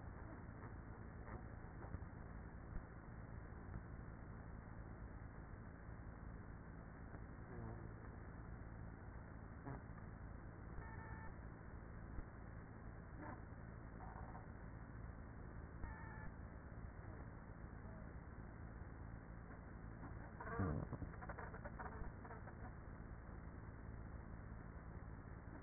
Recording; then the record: honeybee colony, microphone inside the hive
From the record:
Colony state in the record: queenless with a low population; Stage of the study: after two queens were removed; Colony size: about 30,000 bees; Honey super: no